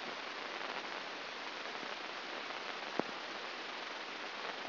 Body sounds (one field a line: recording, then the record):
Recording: brain microelectrode recording played as sound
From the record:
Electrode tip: inside the subthalamic nucleus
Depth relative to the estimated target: -2 mm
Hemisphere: left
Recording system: AlphaMap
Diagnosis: Parkinson's disease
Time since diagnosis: 9 years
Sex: male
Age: 68 years